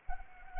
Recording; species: mosquito wingbeat signal from an infrared sensor; Anopheles arabiensis